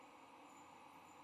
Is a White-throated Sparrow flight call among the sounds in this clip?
no